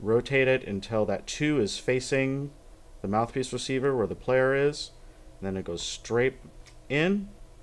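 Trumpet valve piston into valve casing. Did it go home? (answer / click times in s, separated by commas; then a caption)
no / none. Someone talks while handling a trumpet's second-valve metal piston, rotating it until its marked "2" faces the mouthpiece receiver before putting it straight into the valve casing. The clip ends just before the piston goes home, so nothing has seated yet and its guide has not clicked into place.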